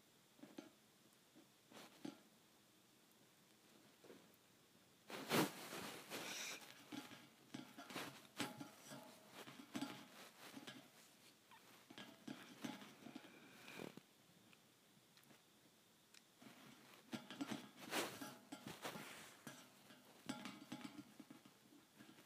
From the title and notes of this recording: ASMR Tapping Thin Metal Bars.